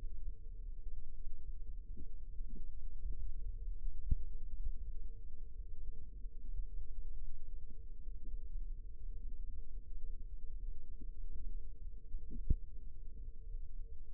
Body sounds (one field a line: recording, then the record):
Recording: forearm muscle sounds (acoustic myography)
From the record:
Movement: rest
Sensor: system 1, eight BSWA MPA416 microphones around the upper forearm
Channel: 6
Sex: male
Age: 18 years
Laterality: right